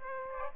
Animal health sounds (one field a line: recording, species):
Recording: mosquito wingbeat signal from an infrared sensor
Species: Aedes aegypti